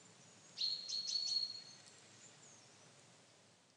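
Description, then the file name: Common chaffinch sounding a single quick run of high, thin notes lasting about a second, then background hiss. "Fringilla coelebs"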